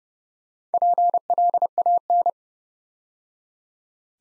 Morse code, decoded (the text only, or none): PLAN